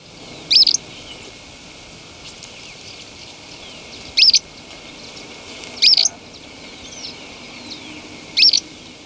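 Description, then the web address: Tufted tit-tyrant calling with four short, sharp high notes at irregular gaps of about two to four seconds, with faint background hiss between them. Recorded in Ecuador. "Birds of Ecuador 2. Tufted Tit-Tyrant"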